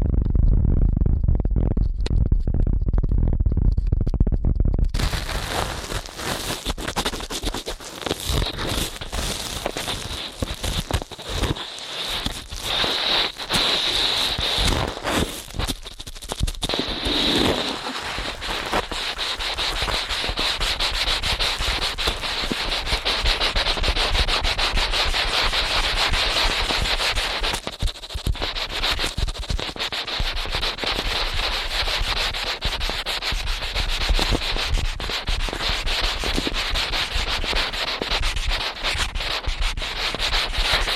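Ear cleaning at helicopter speed: after a quieter first five seconds, dense rapid scratchy rubbing runs nonstop, steady and bright, with brief dips.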